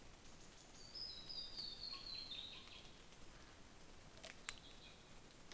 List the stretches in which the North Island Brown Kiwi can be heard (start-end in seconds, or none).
none